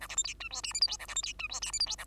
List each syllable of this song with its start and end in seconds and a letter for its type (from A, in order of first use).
0.00-0.08 A, 0.09-0.16 B, 0.17-0.23 C, 0.24-0.34 D, 0.40-0.49 E, 0.51-0.62 F, 0.63-0.73 G, 0.73-0.81 H, 0.81-0.87 I, 0.87-0.97 J, 0.99-1.07 A, 1.08-1.15 B, 1.15-1.22 C, 1.23-1.33 D, 1.39-1.48 E, 1.49-1.60 F, 1.61-1.72 G, 1.72-1.79 H, 1.79-1.86 I, 1.86-1.96 J, 1.98-2.05 A